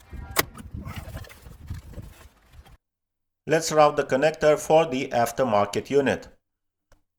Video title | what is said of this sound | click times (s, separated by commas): BMW F25 F26 X3 X4 Android Head Unit Installation - Xtrons 10 25” Android Unit | You'll hear a distinct click when it locks into place. | 0.4 s